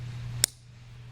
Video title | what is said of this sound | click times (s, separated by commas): Range Rover P38 Front And Rear Wiper Blade Replacement | Only one slot on there so the choice is easy Listen for the click | 0.4 s